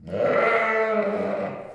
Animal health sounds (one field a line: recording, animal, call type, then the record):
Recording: contact call of a hoofed animal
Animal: sheep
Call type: low-frequency (closed-mouth) or high-frequency (open-mouth) call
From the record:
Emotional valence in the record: negative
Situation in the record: short social isolation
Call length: 1.76 s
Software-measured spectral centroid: 1360 Hz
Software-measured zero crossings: 1560 a second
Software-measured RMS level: -23 dBFS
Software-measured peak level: -9 dBFS